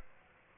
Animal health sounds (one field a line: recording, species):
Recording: mosquito wingbeat signal from an infrared sensor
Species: Aedes aegypti